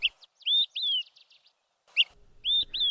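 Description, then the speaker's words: Olive-sided Flycatcher calling, high whistled phrases of a sharp note followed by two slurred whistles, given twice with a gap; faint background noise. Perched atop dead tree snags in coniferous areas, announcing its territory; call rendered as 'quick, three beers'. "Perched atop dead tree snags and coniferous areas, they announce their territory by calling out, quick, three beers."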